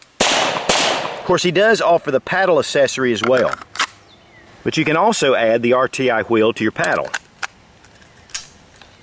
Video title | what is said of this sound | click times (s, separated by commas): G Code Holsters | and you're locked into place | 7.4 s, 8.3 s